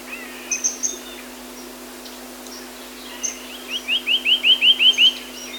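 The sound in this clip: Reunion cuckooshrike call: a rapid series of short rising notes, after a few thin high chips earlier.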